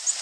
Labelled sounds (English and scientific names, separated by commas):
Orange-crowned Warbler (Leiothlypis celata) flight call